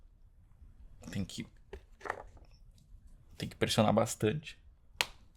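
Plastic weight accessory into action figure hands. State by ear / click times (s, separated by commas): seated / 5.0 s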